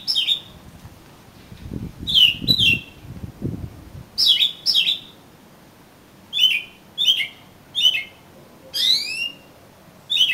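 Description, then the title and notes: Oriental magpie-robin song: bright, sharply falling whistled notes in short separated bursts, some with buzzy sweeps, alongside low dull thumps in the first half. "suara kacer. kumpulan suara burung kacer"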